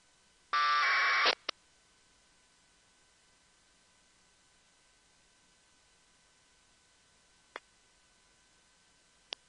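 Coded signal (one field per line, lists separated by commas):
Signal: packet radio (AX.25, as in APRS)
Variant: AFSK 1200 baud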